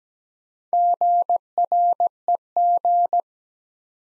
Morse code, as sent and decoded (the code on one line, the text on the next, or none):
--. .-. . --.
GREG